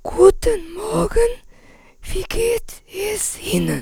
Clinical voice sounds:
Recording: spoken sentence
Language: German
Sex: female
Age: 50 to 59 years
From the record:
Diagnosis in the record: recurrent laryngeal nerve paralysis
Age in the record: 57 years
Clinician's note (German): Ausschluß einer Aryluxation re, z.B. Rec. par.

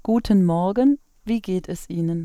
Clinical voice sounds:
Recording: spoken sentence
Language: German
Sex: female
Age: 30 to 39 years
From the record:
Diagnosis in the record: singing voice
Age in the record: 35 years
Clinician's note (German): Frühere Phonationsverdickung bei hyperfunktioneller Komponente, Zustand nach alter Phonationsknötchenabtragung

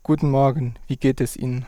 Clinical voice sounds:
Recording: spoken sentence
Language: German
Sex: male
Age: 20 to 29 years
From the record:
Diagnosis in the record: healthy voice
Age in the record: 22 years

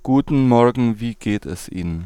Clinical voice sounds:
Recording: spoken sentence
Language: German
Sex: male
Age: 30 to 39 years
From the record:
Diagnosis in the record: stuttering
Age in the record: 35 years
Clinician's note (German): Stimmlippen ohne Befund

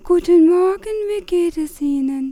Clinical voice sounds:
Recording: spoken sentence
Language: German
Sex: female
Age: 40 to 49 years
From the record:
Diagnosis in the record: psychogenic dysphonia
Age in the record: 41 years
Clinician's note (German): Psychogene Dysphonie

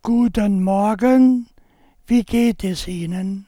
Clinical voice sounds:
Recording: spoken sentence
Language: German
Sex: male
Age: 70 to 79 years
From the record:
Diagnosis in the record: cordectomy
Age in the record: 72 years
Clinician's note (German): Zustand danach

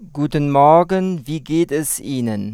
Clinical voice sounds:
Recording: spoken sentence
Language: German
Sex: male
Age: 40 to 49 years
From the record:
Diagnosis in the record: contact pachydermia, hypofunctional dysphonia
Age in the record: 49 years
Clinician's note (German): Ohne Kontaktpachydermie bei primär hypofunktioneller Dysphonie mit sekundär hyperfunktioneller Kompensation

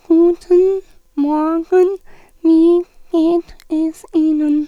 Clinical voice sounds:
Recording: spoken sentence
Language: German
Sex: female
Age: 50 to 59 years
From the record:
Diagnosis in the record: hypernasality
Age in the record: 51 years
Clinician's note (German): Tonsillentumor

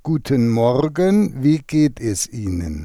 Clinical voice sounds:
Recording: spoken sentence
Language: German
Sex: male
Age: 70 to 79 years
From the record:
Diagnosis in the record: contact pachydermia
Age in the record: 76 years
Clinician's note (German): Kontaktpachydermie ohne "Kontaktpachydermie" mit hypotonem Schwingungsbild

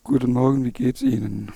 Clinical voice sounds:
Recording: spoken sentence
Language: German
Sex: male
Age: 50 to 59 years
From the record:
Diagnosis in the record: dysphonia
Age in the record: 54 years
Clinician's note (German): Organisch, mit Verdacht auf Stimmbandpolyp

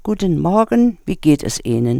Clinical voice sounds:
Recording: spoken sentence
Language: German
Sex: female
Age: 70 to 79 years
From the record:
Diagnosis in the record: recurrent laryngeal nerve paralysis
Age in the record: 75 years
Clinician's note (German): Strumiprive li mit guter Kompensation

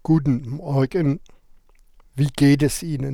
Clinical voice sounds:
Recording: spoken sentence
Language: German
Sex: male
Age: 70 to 79 years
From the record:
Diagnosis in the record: contact pachydermia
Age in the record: 70 years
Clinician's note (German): Z.B. spasmodische Dysphonie

